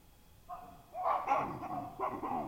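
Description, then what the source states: Baboon calls: a few harsh barks, then a louder cluster, then more barks. Baboon invasion in Marsabit, Kenya.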